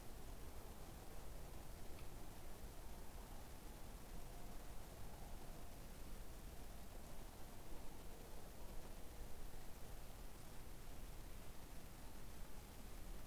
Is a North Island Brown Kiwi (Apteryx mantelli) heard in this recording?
no